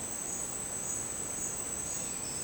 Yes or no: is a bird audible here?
yes